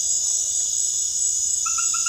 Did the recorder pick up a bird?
no